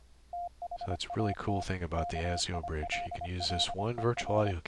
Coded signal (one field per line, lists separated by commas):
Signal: Morse code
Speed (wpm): 25 wpm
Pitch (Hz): 700 Hz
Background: speech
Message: THAT KILLER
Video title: Morse Code QSO over the internet - software setup - config 4 - EhoCW, Reaper, CW REGENERATION